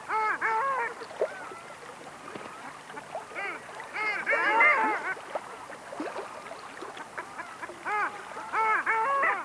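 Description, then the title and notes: Long-tailed Ducks in chorus, bursts of arched, yodelling nasal calls from many birds coming in waves, with quieter gaps between the louder clusters. "Alli."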